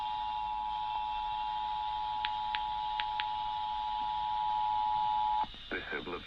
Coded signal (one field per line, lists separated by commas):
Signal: Emergency Alert System (SAME) tones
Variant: 853 and 960 Hz attention tone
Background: speech